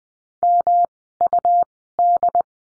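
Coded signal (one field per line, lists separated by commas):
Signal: Morse code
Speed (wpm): 20 wpm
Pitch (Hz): 700 Hz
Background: none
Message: MUD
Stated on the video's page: Morse code course lesson on the letter M, words sent at Farnsworth speed 20/10 wpm.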